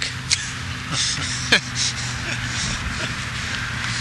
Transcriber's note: laughter